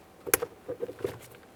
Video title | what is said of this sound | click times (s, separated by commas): How to Replace Cabin Air Filter 2015-2020 Ford F-150 | again a nice click from that a little tug confirming it's properly secured | 0.3 s